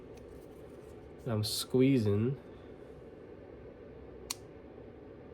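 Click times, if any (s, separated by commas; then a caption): 4.3 s. Someone talks as they squeeze the plastic handle of a CJRB large Pyrite Lite folding knife with the blade locked open. At 4.3 s, a single small, sharp click sounds as the blade lock pops open under the squeeze, releasing the lock.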